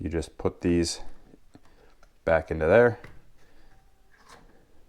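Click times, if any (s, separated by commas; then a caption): none. Someone talks while plastic cover clips are placed into their tabs on the housing of a Stihl FS38 trimmer, ahead of the cover being pushed closed. Between the words there is only quiet handling, with a few faint taps around 1.5 to 2.0 seconds. Nothing has snapped or clicked into place yet.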